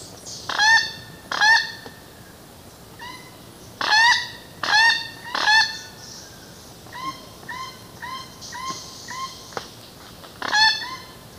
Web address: Natures Songs S America Birds of Ecuador Plate-billed Mountain-Toucan